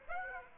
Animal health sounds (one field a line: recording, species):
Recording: mosquito wingbeat signal from an infrared sensor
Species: Aedes aegypti